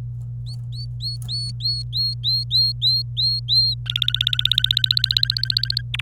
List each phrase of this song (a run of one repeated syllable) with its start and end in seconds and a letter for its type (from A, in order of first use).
0.46-3.75 A, 3.86-5.82 B, 5.94-6.00 C